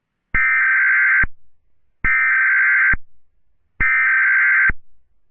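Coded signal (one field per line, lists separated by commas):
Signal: Emergency Alert System (SAME) tones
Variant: header bursts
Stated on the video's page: Simulated recreation of EAS tones for a fictional dramatized alert scenario, not a real alert.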